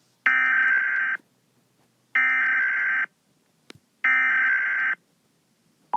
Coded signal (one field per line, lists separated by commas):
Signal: Emergency Alert System (SAME) tones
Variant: header bursts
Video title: Emergency alert system: Ailens!!!